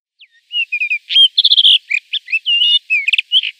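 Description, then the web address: Rufous-tailed rock thrush singing a continuous, varied phrase of clear whistles, slurred notes and quick trilled bursts, rich and fluty. "Schulze Peter Rufous-tailed Rock-Thrush song"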